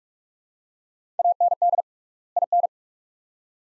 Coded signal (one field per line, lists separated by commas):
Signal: Morse code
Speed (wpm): 47 wpm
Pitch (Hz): 700 Hz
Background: none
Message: AND IN